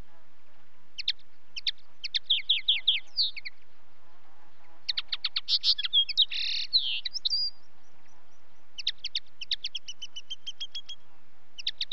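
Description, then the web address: Common linnet song: three bursts of rapid twittering chirps and short trills, separated by brief pauses, over a quiet background. "BBC Sound Effects Library. Linnet"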